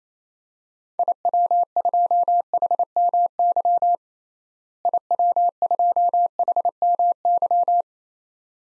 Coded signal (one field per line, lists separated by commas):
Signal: Morse code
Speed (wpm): 28 wpm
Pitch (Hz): 700 Hz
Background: none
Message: IW2HMY IW2HMY